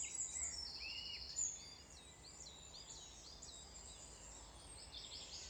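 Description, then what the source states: Birds chirping and twittering in rapid high bursts, with a gentle wind rumble below. Wind blowing.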